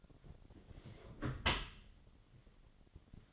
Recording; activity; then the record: daily activity, microphone in the room; close dishwasher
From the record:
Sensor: 4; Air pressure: 1007.6 hPa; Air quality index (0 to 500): 195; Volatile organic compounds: 6 ppm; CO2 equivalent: 1946 ppm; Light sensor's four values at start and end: 22/70/26/26 and 22/70/27/26